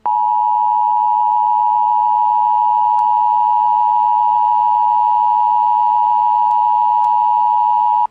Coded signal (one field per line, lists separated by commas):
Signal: Emergency Alert System (SAME) tones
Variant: 853 and 960 Hz attention tone